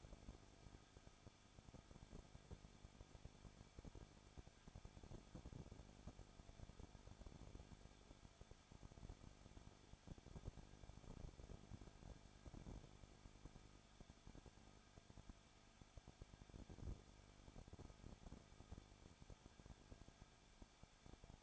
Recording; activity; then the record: daily activity, microphone in the room; no activity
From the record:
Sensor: 5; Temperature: 20.9 degrees Celsius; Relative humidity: 35.1%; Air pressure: 994.7 hPa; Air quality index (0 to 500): 153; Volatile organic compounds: 2 ppm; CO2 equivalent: 1279 ppm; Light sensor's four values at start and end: 2/3/1/1 and 2/3/1/1